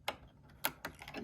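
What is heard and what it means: A loaded plastic bobbin is placed through the slit and guided to the left into the drop-in bobbin holder of a Brother XM2701 sewing machine. A short series of sharp plastic clicks is heard, and the bobbin clicks into the bobbin case at 0.7 s. It is seated.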